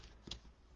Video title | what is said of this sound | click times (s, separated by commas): Party with a Puffin | it locks into there so here's your box it's not going anywhere you did not need any glue | 0.3 s